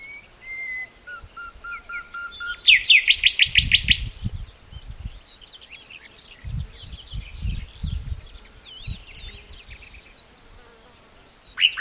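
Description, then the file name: Common nightingale song: varied phrases of pure whistled notes, then a loud rapid repeated rattling burst, later high thin whistles; low rumbling noise underneath. "Luscinia megarhynchos"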